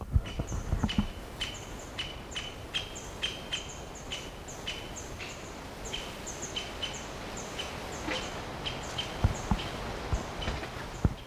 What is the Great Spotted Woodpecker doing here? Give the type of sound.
call